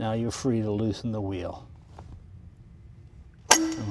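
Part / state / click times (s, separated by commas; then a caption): wheel nut locking mechanism on a vintage car wheel hub / seated / 3.5 s. Someone talks, then after a quiet pause with faint ticks, the metal wheel-nut locking mechanism on the wheel hub of a vintage 1930 Duesenberg LeBaron Barrelside is released after the wheel nut has been freed. It snaps back into place with a sharp, loud metallic click at 3.5 s, leaving a short ringing tail. The lock is seated.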